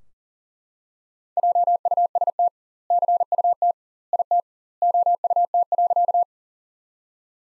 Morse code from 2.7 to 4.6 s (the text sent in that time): CUT IT